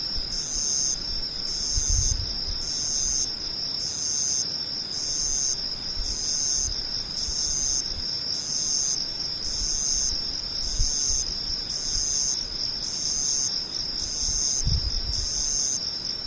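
Insects chirp in a fast, regular pulsing trill that repeats about every 0.7 seconds, high and bright, with a steady buzzing tone beneath it. A low rumbling hiss runs throughout, with brief low thumps near 2 and 15 seconds.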